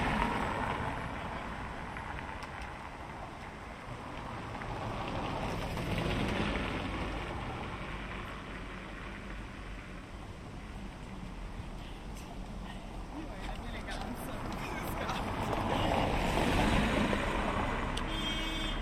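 Traffic at a paved Rome intersection, a steady low rumble of idling and passing cars swelling around six and sixteen seconds.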